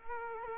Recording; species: mosquito wingbeat signal from an infrared sensor; Culex quinquefasciatus